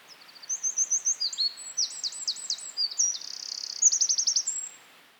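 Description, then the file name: Eurasian wren song, a loud rush of high, rapid trills and sharp chattering notes, shifting pitch several times over almost five seconds. "Troglodytes troglodytes"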